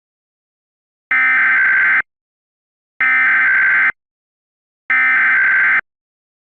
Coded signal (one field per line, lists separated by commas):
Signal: Emergency Alert System (SAME) tones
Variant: header bursts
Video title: EAS Scenario 5: Winter wrath